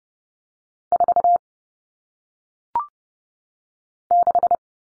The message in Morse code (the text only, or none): 4 6